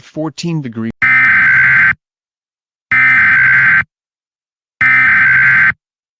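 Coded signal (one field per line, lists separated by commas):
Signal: Emergency Alert System (SAME) tones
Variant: header bursts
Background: speech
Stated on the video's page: Fictional EAS scenario about worldwide detonations.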